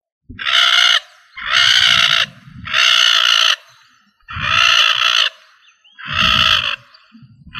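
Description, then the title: Rail giving loud, harsh, nasal squawks, each lasting up to about a second, five in a row at irregular gaps of roughly half a second to a second, with a low rumbling underneath. "LuckyFamilia RallidaeFrangoSama"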